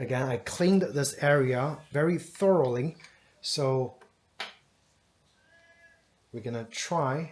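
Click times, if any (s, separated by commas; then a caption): none. Someone talks while handling a Bleeding Edge bleed fitting on the syringe hose of a SRAM Professional Brake Bleed Kit (AC-DBP-BLD-A1), about to push it into the bleed port of a hydraulic disc brake. A brief sharp handling noise comes at about 4.4 s, followed by quiet and more talk. The fitting has not clicked or seated yet.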